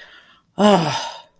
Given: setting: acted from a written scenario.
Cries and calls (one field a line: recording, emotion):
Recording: vocal sound without words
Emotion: relief